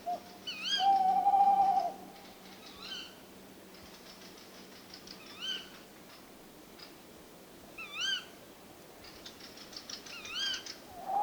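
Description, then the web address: Tawny owl giving a long steady hoot near the start, with repeated short high calls and a hissy background. "STRIX-ALUCO eurasian-tawny-wood-owl"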